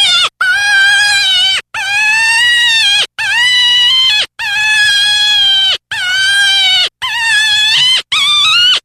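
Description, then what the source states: Deer distress calls: loud, harmonic bleating cries about a second long, each holding steady then dropping at the end, repeated with short pauses. Fawn in distress.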